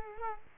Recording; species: mosquito wingbeat signal from an infrared sensor; Culex quinquefasciatus